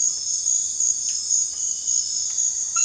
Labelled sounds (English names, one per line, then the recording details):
none
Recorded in dense forest near Puerto Asís, Putumayo, Colombia, on 20 February 2024 at 05:30
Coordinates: 0.496, -76.326
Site G6383